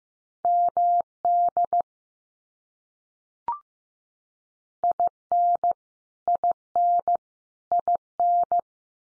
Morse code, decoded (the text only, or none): MD IN IN IN